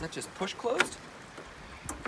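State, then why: Seated. Someone talks while a folding Trailgaiter table panel is pushed closed into its tailgate-mounted frame on a JK. Two quick latch clicks follow at 1.9 and 2.1 seconds, and the table is latched shut.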